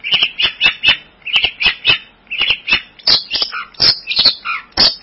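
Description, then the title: Bird song: rapid chattering of scratchy high notes, a fast stream of squawky syllables with few gaps. "burung online"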